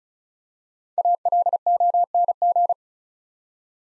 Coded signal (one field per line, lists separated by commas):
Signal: Morse code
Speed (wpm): 34 wpm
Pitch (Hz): 700 Hz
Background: none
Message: ALONG